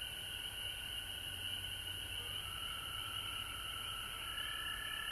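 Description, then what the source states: Frogs trilling in a steady chorus, a fresh trill entering near the end, over a constant high hiss. Recorded at home in Georgia on March 19, 2020.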